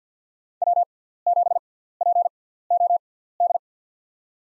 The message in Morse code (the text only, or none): W7POD